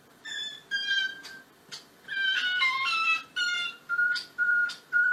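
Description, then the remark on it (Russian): A starling mimics a buzzard's cry: a series of high, mewing whistled calls, some sliding and some steady, broken by brief clicks and chatter, with no talking. “Но это вот скворец абсолютно гениально имитировал конюка.”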